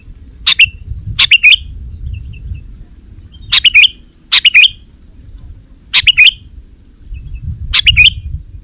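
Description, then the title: Sooty-headed bulbul song: six short bubbly two- to three-note phrases, bright and abrupt, in uneven bursts, over a low rumble and a faint steady high whine. "kutilang"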